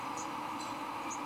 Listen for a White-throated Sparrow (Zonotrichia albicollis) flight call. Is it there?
no